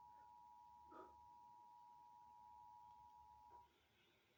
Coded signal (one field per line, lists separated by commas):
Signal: Emergency Alert System (SAME) tones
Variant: 853 and 960 Hz attention tone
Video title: I Caught A EAS Alarm On TV #easalarm